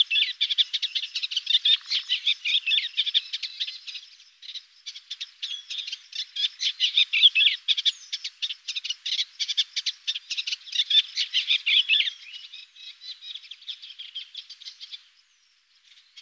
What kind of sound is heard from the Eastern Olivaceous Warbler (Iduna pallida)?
song